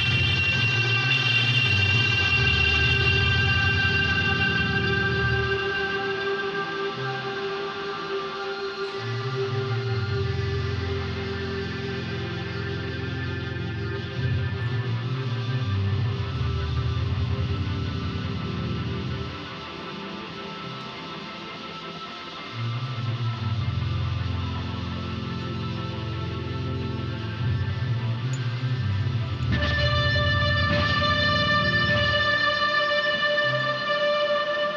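Sustained organ-like synthesizer tones hold steady pitches across the whole piece, layered over a pulsing low rumble that swells and fades every few seconds like passing traffic. Near thirty seconds a brighter chord enters sharply, adding higher ringing notes.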